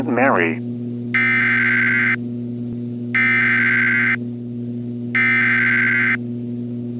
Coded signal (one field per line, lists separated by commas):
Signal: Emergency Alert System (SAME) tones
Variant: header bursts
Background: speech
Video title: Dark Storm Redux (EAS Scenario)